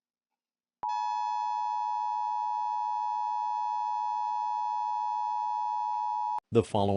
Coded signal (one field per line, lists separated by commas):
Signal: Emergency Alert System (SAME) tones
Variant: 853 and 960 Hz attention tone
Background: speech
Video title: EAS Scenario #1 - East Coast Earthquake Pt 1